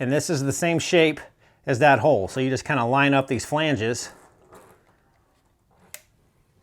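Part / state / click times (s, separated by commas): air hose quick-connect fitting into portable tire inflator port / seated / 5.9 s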